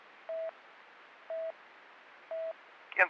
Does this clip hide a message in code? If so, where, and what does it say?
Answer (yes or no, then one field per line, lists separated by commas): no